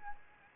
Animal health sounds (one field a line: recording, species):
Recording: mosquito wingbeat signal from an infrared sensor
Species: Anopheles arabiensis